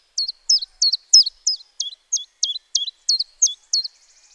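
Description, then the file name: Common chiffchaff song: a steady run of about twelve high, sharp notes, each dropping in pitch, delivered roughly three per second. "Zilpzalp Gesang"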